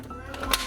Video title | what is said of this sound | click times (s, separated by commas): This is what WE have been WORKING so HARD FOR - Shed To House | latches up and locks in place and you hit the button ice cream button | 0.5 s